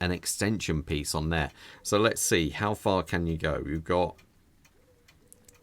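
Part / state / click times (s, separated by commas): watch bracelet clasp extension in clasp / seated / 5.3 s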